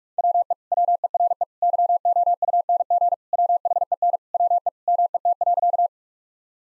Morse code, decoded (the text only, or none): WE WERE YOUNG WHEN WE MET.